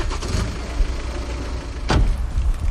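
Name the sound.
car driving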